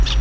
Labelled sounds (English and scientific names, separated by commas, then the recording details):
Brown-throated Parakeet (Eupsittula pertinax) contact call
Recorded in Venezuela
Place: Tumeremo, Edo. Bolívar
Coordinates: 7.209, -61.364